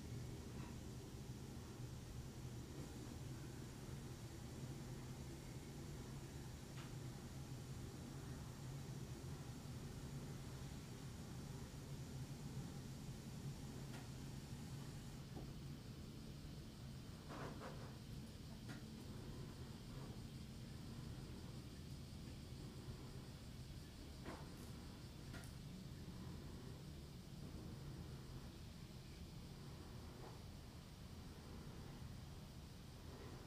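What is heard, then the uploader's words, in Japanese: A garden recorded outdoors under a constant low hum and rumble, like a machine running, which stays steady for the whole half minute. Faint scattered clicks and knocks break through now and then, clustering around the middle and later part. 洗濯機が止まるまで庭を録ってみた。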